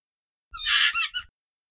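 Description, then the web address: Hyrax single drawn-out harsh scream, rough and wavering, ending in a brief second note, with faint low rumbling beneath. "aswat Wabbar"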